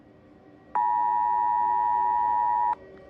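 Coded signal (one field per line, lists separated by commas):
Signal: Emergency Alert System (SAME) tones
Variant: 853 and 960 Hz attention tone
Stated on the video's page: Fictional EAS scenario short with valid EAS tones.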